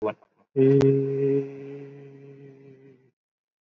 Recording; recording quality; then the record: sustained vowel as in beet; poor, much background noise or distortion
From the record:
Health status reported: COVID-19 positive, moderate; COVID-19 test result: positive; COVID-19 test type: RT-PCR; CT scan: taken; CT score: 11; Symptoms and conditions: cough, cold, breathing difficulty, sore throat, loss of smell and taste, diarrhoea, hypertension, diabetes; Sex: male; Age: 77 years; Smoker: no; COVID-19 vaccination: both doses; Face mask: worn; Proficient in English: yes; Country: India